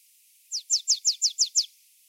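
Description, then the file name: Marsh tit calling: a single quick burst of seven high, sharp notes, each sliding downward, evenly spaced and lasting under two seconds. "Poecile palustris"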